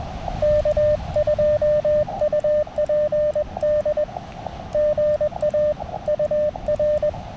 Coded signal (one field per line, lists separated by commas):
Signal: Morse code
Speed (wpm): 20 wpm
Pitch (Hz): 600 Hz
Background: none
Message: K2UPD GA UR